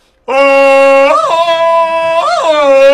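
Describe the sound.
A person imitates a dog with one loud, sustained, nasal vocal tone lasting nearly three seconds, bending down in pitch twice along the way, with no separate bark-like bursts.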